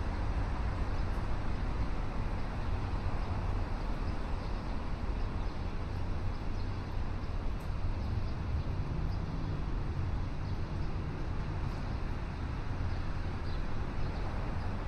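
A morning walk along the river in downtown Chicago at sunrise, filled with a steady, dense wash of city noise. A low rumble of traffic holds constant throughout, with a few faint, brief ticks and clinks poking through now and then.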